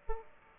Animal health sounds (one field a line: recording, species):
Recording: mosquito wingbeat signal from an infrared sensor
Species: Aedes aegypti